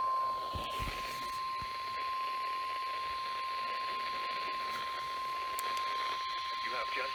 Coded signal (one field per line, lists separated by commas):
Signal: Emergency Alert System (SAME) tones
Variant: 1050 Hz attention tone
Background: speech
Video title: EAS Alerts From Thanksgiving Week 2020 (EAS#34-41)